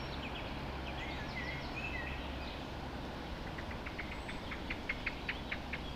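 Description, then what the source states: Dawn chorus with mixed bird song, then a fast series of clipped repeated notes in the second half, over low background noise. Dawn chorus recorded just after dawn in the Forest of Dean.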